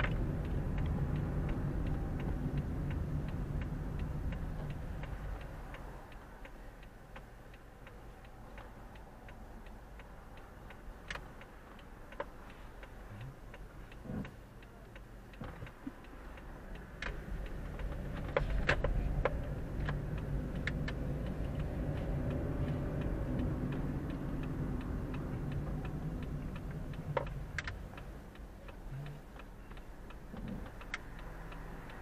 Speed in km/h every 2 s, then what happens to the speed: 25, 20, 10, 0, 0, 0, 0, 0, 0, 13, 20, 27, 26, 14, 0, 0.
0-6 brakes to 0. 6-16 standing. 16-22 pulls away to 27. 24-28 brakes to 0. 28-32 standing.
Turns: 16-21.